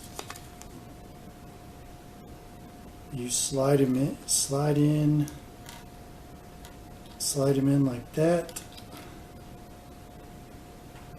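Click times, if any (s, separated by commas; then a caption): none. A small plastic target piece from a capsule toy is slid into its plastic toy launcher base while someone talks. Faint light taps are heard as it goes in, but the target does not lock and just sits loosely in the base, needing to be held. Nothing has seated or clicked yet.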